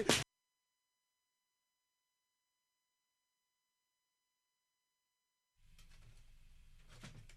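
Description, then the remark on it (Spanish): A sharp, loud clunk at the start gives way to silence, then a steady low rumbling slide builds with a second bump near the end, like a door moving and shutting. “esta puerta, che.”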